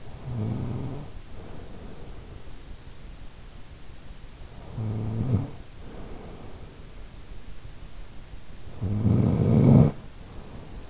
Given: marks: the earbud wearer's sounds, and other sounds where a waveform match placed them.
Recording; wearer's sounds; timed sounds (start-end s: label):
sounds in sleep by an in-ear microphone; snoring breath
0.00-2.45 s: snoring breath
4.32-6.84 s: snoring breath
8.50-10.90 s: snoring breath